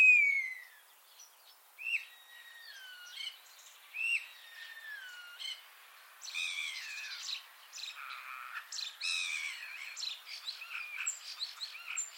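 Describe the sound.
Common starling opening with clear falling whistles spaced a few seconds apart, then a harsh, buzzy chattering medley.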